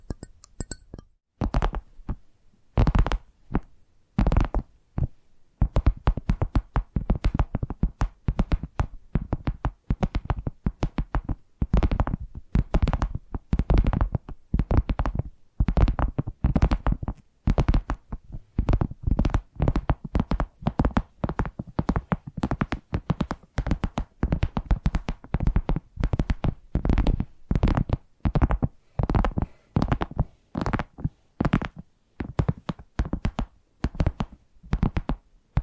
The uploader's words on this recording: ASMR 10 Addictive Tapping Triggers to Wake Up Your Tingles! (No Talking).